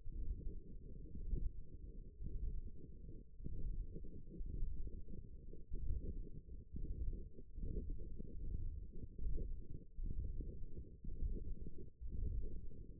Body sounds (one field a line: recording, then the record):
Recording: forearm muscle sounds (acoustic myography)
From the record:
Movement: ulnar deviation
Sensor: system 1, eight BSWA MPA416 microphones around the upper forearm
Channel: 7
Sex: male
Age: 23 years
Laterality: right